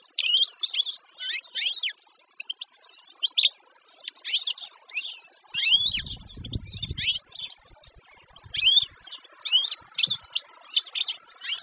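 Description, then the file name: Canary song, a long run of bright, high, rapidly repeated chirps and trilled phrases broken by short pauses, with a brief low rumble midway. "Canary Voice"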